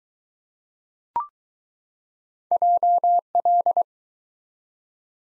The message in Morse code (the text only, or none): JL